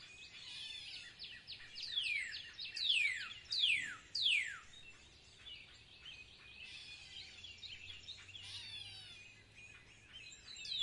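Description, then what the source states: Bird calls: loud, sharply falling whistles repeated in quick succession, then softer twittering and trills. In spring.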